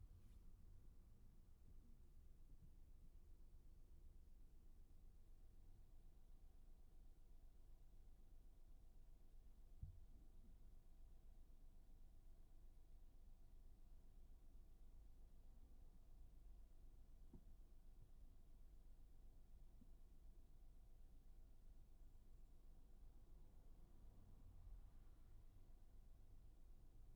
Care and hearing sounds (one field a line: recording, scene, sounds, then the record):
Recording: everyday scene through a hearing-aid microphone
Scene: in a vehicle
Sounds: engine idling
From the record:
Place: Skoda Fabia, gasoline engine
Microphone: behind the ear, right, rear